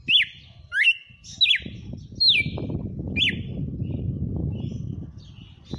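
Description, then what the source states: Red-cowled cardinal song: five clear whistled notes that slide sharply downward, given in quick succession, then a steady low rumbling noise fills the rest. Red-cowled cardinal (galo-de-campina) song, labelled female song (fêmea 07); the bird is named Fenrir.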